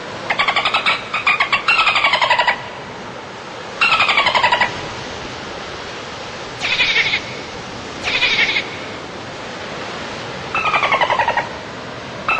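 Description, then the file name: Dolphins giving bursts of buzzy pulsed sounds, each lasting under a second, repeated in clusters with pauses, over steady background hiss. "Golfinhos"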